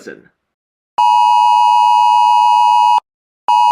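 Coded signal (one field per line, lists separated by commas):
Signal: Emergency Alert System (SAME) tones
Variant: 853 and 960 Hz attention tone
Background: speech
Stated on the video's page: Self-made recreations of two EAS sounds.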